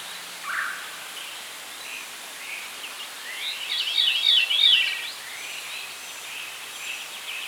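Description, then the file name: Veery giving a single soft, spiralling, downward-rolling fluty phrase midway, with scattered faint bird notes and steady background hiss. "Catharus fuscescens - Veery"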